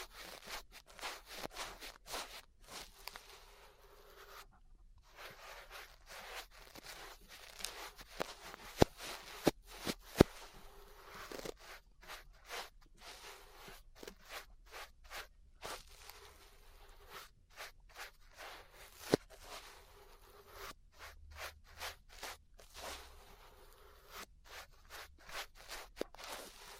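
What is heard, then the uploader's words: Ear brushing: soft, scratchy brushing strokes that come in rapid, uneven bursts and fill the upper range with a dry hiss. The strokes keep going for the whole clip, broken by brief gaps, with a few sharper clicks around 9 to 10 seconds and near 19 seconds. ASMR Relaxing 3Dio Ear Brushing (No Talking).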